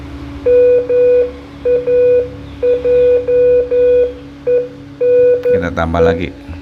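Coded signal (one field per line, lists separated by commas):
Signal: Morse code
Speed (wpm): 11 wpm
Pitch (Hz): 490 Hz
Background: speech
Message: MAJENE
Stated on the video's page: Morse from an ARDF fox-hunting beacon.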